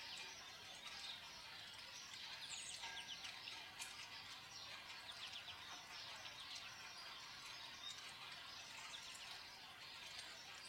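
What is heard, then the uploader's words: Birds and rain: a steady, dense hiss of falling rain runs unchanged from start to finish. Short, high bird chirps and tweets break through it now and then, most clearly around the third second and again near the ninth. Birds and Rain, sounds of Nature.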